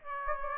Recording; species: mosquito wingbeat signal from an infrared sensor; Aedes aegypti